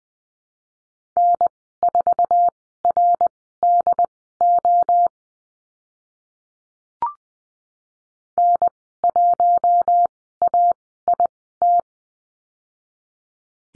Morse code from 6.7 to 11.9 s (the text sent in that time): N1AIT